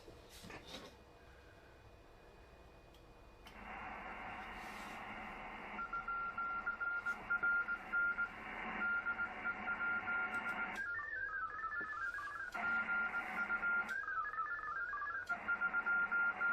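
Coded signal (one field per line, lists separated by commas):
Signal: HF data modem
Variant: VARA HF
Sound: alternating bursts of broad hissy data with warbling stepped tones and short steady beeps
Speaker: now I'm going to go start and see if I can connect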